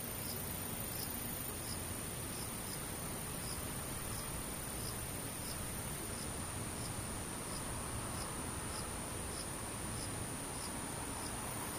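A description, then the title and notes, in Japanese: Near-silence with distant insects: faint, regular chirps repeat about every half second throughout, thin and high. Underneath sits a steady, even hiss, and a constant very high whine runs unchanged from start to finish. 無音遠くにムシ。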